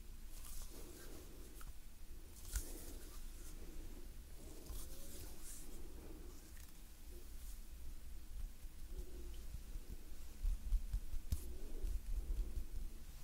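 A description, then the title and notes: Gentle hand movements rustle softly with airy breaths and low murmuring puffs every second or two, growing slightly louder near the end. Gentle Hand Sounds Movements & Breathing.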